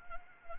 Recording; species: mosquito wingbeat signal from an infrared sensor; Anopheles arabiensis